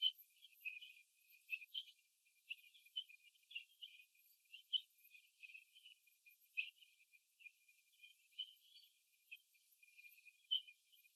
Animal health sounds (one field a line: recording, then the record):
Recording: young laying hens in a cage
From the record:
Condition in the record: before the stressor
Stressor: simulated dog barking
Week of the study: 2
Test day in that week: 3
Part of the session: 2